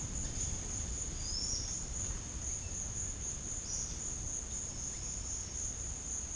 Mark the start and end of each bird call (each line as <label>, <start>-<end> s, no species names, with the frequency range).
bird call (4.2-6.1 kHz), 1.08-1.65 s
bird call (3.9-6.1 kHz), 3.60-4.07 s